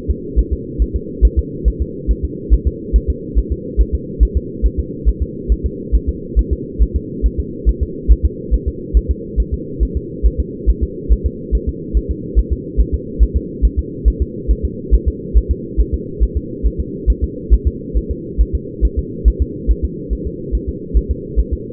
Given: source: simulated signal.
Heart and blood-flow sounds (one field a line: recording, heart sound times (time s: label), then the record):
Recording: fetal heart sounds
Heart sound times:
0.11 s: S2
0.39 s: S1
0.53 s: S2
0.82 s: S1
0.96 s: S2
1.25 s: S1
1.39 s: S2
1.68 s: S1
1.82 s: S2
2.11 s: S1
2.25 s: S2
2.54 s: S1
2.67 s: S2
2.96 s: S1
3.10 s: S2
3.38 s: S1
3.52 s: S2
3.81 s: S1
3.95 s: S2
4.23 s: S1
4.37 s: S2
4.66 s: S1
4.80 s: S2
5.09 s: S1
5.23 s: S2
5.52 s: S1
5.66 s: S2
5.95 s: S1
6.09 s: S2
6.39 s: S1
6.53 s: S2
6.82 s: S1
6.96 s: S2
7.26 s: S1
7.40 s: S2
7.69 s: S1
7.83 s: S2
8.12 s: S1
8.25 s: S2
8.54 s: S1
8.68 s: S2
8.97 s: S1
9.11 s: S2
9.40 s: S1
9.54 s: S2
9.83 s: S1
9.97 s: S2
10.26 s: S1
10.40 s: S2
10.69 s: S1
10.83 s: S2
11.12 s: S1
11.26 s: S2
11.55 s: S1
11.69 s: S2
11.97 s: S1
12.11 s: S2
12.39 s: S1
12.53 s: S2
12.81 s: S1
12.94 s: S2
13.23 s: S1
13.37 s: S2
13.65 s: S1
13.79 s: S2
14.08 s: S1
14.22 s: S2
14.51 s: S1
14.65 s: S2
14.94 s: S1
15.08 s: S2
15.38 s: S1
15.51 s: S2
15.80 s: S1
15.94 s: S2
16.23 s: S1
16.37 s: S2
16.67 s: S1
16.80 s: S2
17.10 s: S1
17.24 s: S2
17.54 s: S1
17.67 s: S2
17.97 s: S1
18.11 s: S2
18.41 s: S1
18.55 s: S2
18.85 s: S1
18.99 s: S2
19.28 s: S1
19.42 s: S2
19.71 s: S1
19.85 s: S2
20.13 s: S1
20.27 s: S2
20.55 s: S1
20.69 s: S2
20.97 s: S1
21.11 s: S2
21.40 s: S1
21.53 s: S2
From the record:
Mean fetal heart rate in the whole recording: 140 bpm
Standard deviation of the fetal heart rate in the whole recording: 2 bpm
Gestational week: 34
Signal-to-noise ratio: -4.1 dB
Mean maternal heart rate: no maternal heart sound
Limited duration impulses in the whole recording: absent